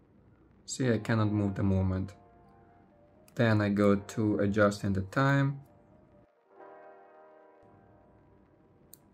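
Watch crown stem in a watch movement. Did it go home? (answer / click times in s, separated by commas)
yes / 8.9 s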